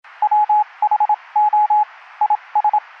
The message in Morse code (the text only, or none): WHO IS